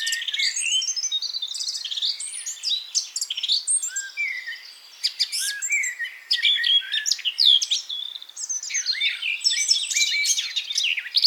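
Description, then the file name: Eurasian blackcap singing a long, busy stream of twittering and scratchy notes, with a short lull midway before resuming. "Sylvia atricapilla"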